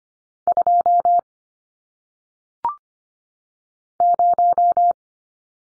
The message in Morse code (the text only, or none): 2 0